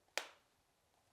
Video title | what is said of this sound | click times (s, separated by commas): You NEED These For Winter! | and you'll hear a little click | 0.2 s